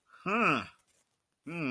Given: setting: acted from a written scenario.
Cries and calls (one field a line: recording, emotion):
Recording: vocal sound without words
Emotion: interest